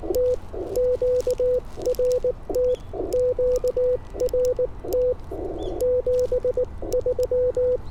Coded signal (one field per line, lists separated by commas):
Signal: Morse code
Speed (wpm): 19 wpm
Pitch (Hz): 500 Hz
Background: none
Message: T QRT QRT 73